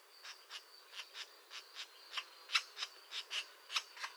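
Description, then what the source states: European green woodpecker, a series of dry clicks, a few stronger ones later, with a steady faint whine behind. A pair active at the nest.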